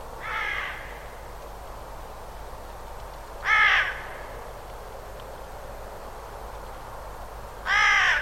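Bird calls: three loud, hoarse, harmonic calls spaced roughly three to four seconds apart over faint background noise.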